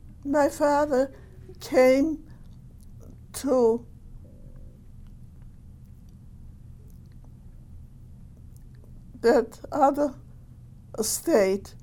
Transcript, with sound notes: My father came to [pause] that other state,